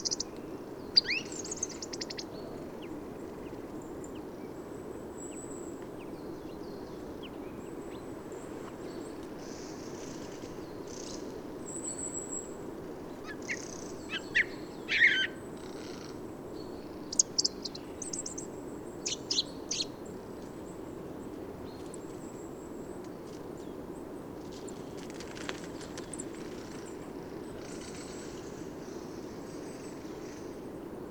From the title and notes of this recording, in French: Forêt de Valdrôme - Nagra Seven - Parabole Telinga pro7. Mais grâce à une fructification exceptionnelle cette année des Aliziers et sorbiers les grives vont rester jusqu'aux chutes de neiges dans la forêt. Aujourd'hui c'est une Grive musicienne (Turdus philomelos) qui m'offre une improvisation automnale.